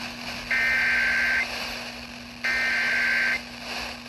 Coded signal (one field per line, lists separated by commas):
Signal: Emergency Alert System (SAME) tones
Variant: header bursts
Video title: An insane small Marginal Risk in Carolinas: EAS Alerts from 6/30/26